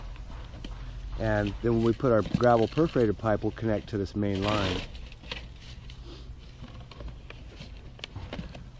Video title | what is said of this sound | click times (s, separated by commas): Correcting Builders Drain, French Drain, DIY for Homeowners | water so we just snap a t on here snap that tee together | 0.2 s, 0.6 s